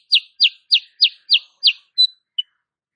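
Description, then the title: Bulbul uttering six evenly spaced, downslurred high chirps roughly every third of a second, ending with two shorter, purer notes. Female sooty-headed bulbul (kutilang sutra), singing continuously and rapidly; recording used as master song for training cage birds. "Masteran Kutilang Sutra. Kutilang SUTRA BETINA GACOR nembak RAPAT"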